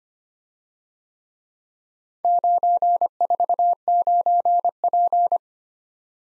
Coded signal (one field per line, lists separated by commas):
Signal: Morse code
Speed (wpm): 26 wpm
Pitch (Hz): 700 Hz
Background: none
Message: 949P